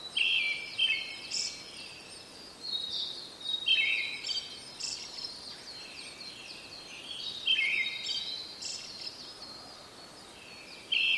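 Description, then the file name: Brown-headed thrush repeats a short rolling trilled phrase four times, about every three to four seconds, amid steady high chirping from other birds. "akahara"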